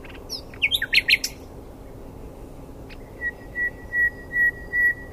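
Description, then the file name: Common nightingale phrase opening with quick varied chirps, then a slow series of pure whistled notes on one pitch, the later ones louder than the first. "Luscinia megarhynchos"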